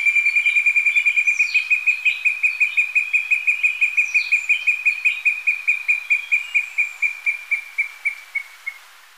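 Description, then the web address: Tyrannine Woodcreeper singing a long, rapid train of clipped notes that gradually slows and fades toward the end, other birds calling briefly in the background. Recorded in Ecuador. "S America Birds of Ecuador. Tyrannine Woodcreeper"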